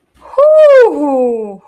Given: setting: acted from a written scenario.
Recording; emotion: vocal sound without words; ecstasy